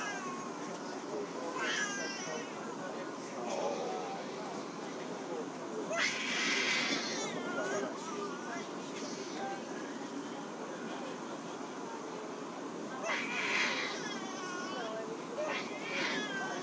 Crying baby on sunday evening train.